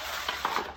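A tiling layout board is handled and pushed toward its locking joint, with short knocks at about 0.3, 0.5 and 0.6 s over a steady low hum. The board is not yet home and has not locked into place.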